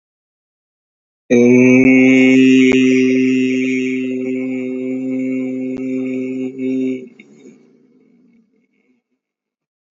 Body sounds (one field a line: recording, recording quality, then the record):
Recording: sustained vowel as in made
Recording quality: excellent, no background noise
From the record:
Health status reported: healthy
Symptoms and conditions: none ticked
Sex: male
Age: 28 years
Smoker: not ticked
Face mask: not worn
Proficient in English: yes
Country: India